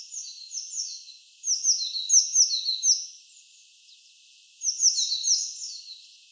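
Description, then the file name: Eurasian blue tit giving quick series of high, downward-sweeping chips, a soft start, then two lively bursts of chattering notes. "Cyanistes caeruleus"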